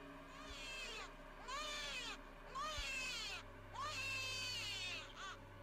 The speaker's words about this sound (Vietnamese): Rồi sau đó, ở ngay chỗ mép sông, vang lên tiếng khóc choe choé.